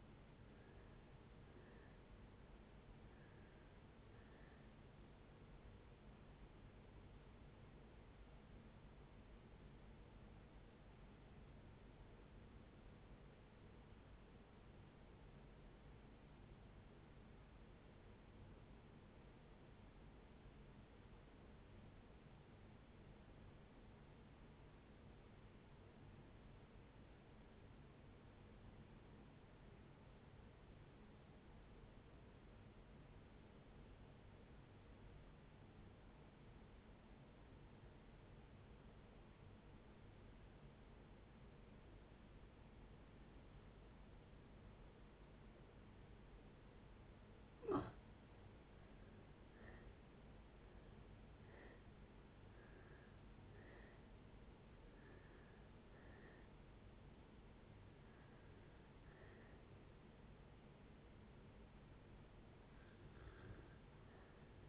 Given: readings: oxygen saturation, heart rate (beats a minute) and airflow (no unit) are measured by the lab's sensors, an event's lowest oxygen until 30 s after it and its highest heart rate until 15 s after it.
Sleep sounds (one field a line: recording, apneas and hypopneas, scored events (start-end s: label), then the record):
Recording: breathing in sleep by a voice recorder at the bedside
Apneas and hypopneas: 1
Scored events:
10.00-47.60 s: obstructive apnea (REM, oxygen 93% highest, then 60% lowest, heart rate 79 at the start, 88 highest)
From the record:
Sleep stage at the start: REM sleep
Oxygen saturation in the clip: 60 to 93%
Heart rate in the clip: 55 to 89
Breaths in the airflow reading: 10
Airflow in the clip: -6.2 to 8.9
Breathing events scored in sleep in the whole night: 496 in 5.4 hours asleep